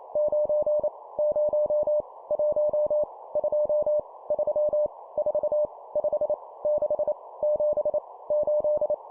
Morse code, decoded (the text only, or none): 9 0 1 2 3 4 5 6 7 8